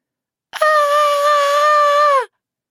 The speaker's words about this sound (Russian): Заорала единственная девушка, которую костлявая рука схватила за лодыжку.